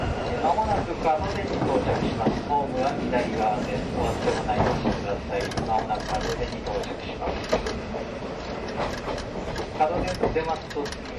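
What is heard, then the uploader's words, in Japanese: Running sound from inside an old-style passenger coach hauled by an E10 locomotive on the Ōigawa main line. A dense, steady rumble and rattle of the carriage fills the clip, with frequent clacks and knocks throughout. Murmured voices of passengers drift in and out underneath. 大鐵E10形+旧型客車 大井川本線普通。往年の普通＂客車列車＂の列車走行音。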